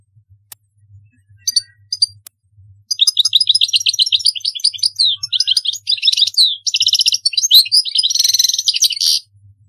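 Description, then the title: European goldfinch song: a few scattered chirps, then a sustained run of rapid twittering notes ending in buzzy, scratchy trills. "Chant Chardonneret"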